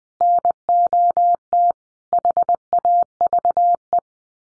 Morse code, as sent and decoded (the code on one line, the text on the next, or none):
-. --- - / .... .- ...- .
NOT HAVE